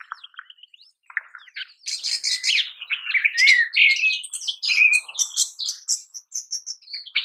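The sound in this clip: Rosy starling calls opening with a few thin whistles, then building into loud, busy chattering with rasping bursts and sliding whistled notes.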